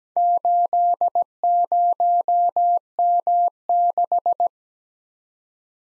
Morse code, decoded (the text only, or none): 80M6